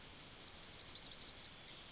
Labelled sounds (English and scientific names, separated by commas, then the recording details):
Yellowhammer (Emberiza citrinella) song
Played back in forest
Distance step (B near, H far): C
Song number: 033